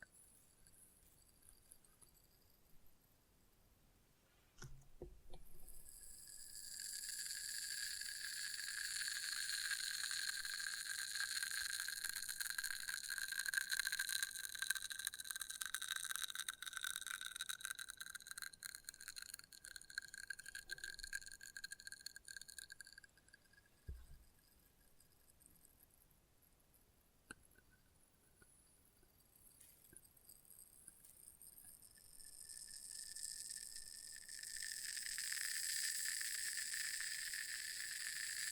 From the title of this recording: Experimental Triggers in Test Tubes